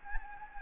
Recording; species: mosquito wingbeat signal from an infrared sensor; Anopheles gambiae